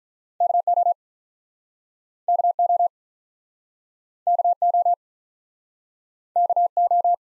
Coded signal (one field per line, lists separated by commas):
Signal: Morse code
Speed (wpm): 48 wpm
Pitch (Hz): 700 Hz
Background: none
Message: K O K O K O K O